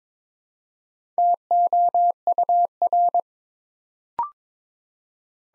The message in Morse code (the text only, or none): TOUR